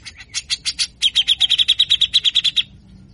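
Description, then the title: Grey-cheeked Bulbul song phrase: a few harsh notes run into a loud, rapid rattle of many buzzy notes, then silence. Cage bird singing vigorously with rough, harsh bursts (besetan kasar); long recording used as a master song and lure to train and provoke various other cage birds. "MASTERAN CUCAK JENGGOT GACOR FULL BESETAN KASAR DURASI PANJANG !!!. Cucak Jenggot Gacor Ampuh Buat Pancingan Dan Masteran Berbagai Macam Burung"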